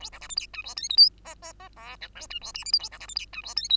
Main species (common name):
Bengalese Finch